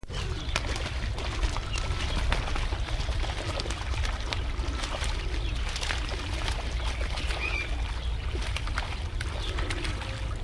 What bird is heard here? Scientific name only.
Oxyura jamaicensis